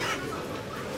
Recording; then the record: coughing mixed with background sound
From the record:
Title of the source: 55 gaggy wet cough